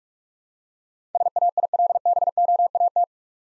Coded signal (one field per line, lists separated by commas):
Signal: Morse code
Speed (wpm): 44 wpm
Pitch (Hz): 700 Hz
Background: none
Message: SAILBOAT